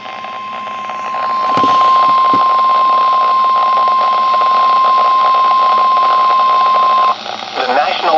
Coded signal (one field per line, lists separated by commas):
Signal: Emergency Alert System (SAME) tones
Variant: 1050 Hz attention tone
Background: speech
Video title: A MARINER'S MANIC MARGINAL... Severe Weather EAS Alerts from July 8-9th, 2025 (EAS #2,104-2,131)